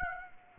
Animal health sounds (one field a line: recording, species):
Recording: mosquito wingbeat signal from an infrared sensor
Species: Aedes aegypti